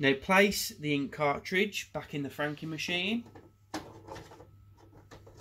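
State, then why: Not seated. Someone talks while an ink cartridge is placed back into the print head holder of a Neopost / Quadient IN360 franking machine to fix print issues, followed by a sharp handling knock near 3.7 s and fainter rustling taps. The cartridge is being pushed up, but nothing has seated or clicked yet.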